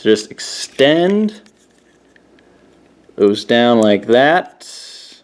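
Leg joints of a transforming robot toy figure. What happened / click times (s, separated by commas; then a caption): Plastic toy leg joints handled, not yet locked into place / none. The knee joints of an MP-21 Bumblebee plastic transforming robot toy figure are handled as its collapsed legs are extended down. Someone talks, with faint handling ticks around 2.2 s and 2.4 s in the pause. Nothing has clicked into place yet.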